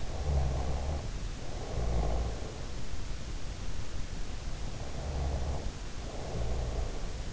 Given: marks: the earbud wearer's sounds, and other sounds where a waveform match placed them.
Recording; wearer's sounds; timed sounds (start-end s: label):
sounds in sleep by an in-ear microphone; snoring breath, breath
0.03-2.68 s: snoring breath
4.75-7.33 s: breath